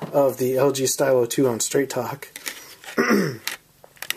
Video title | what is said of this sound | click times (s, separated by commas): Don't try to upgrade your LG Stylo 2 to Plus | so we'll go ahead and snap it in up here there goes snaps into place as | 4.0 s, 4.1 s